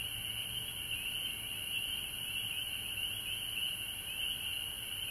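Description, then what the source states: Frog chorus, an unbroken high-pitched trilling wall of sound with gentle pulsing, plus a faint low hum and steady hiss. Frogs recorded at home in Georgia on March 19, 2020.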